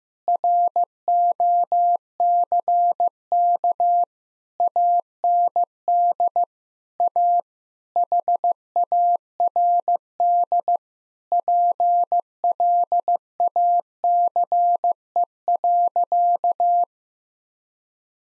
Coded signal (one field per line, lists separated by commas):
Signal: Morse code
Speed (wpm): 15 wpm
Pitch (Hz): 700 Hz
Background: none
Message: ROCK AND A HARD PLACE.